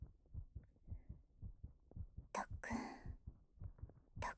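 Soft, low, fairly regular thumps come in paired beats, roughly 85 beats a minute: an ordinary pulsing 'thump-thump' heartbeat. Brief louder rustling bursts partly cover it midway and at the end.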